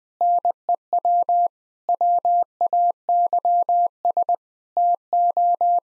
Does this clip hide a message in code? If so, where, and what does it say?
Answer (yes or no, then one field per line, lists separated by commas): yes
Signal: Morse code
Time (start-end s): 0.2-5.8 s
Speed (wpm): 20 wpm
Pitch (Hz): 700 Hz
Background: none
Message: NEW WAYS TO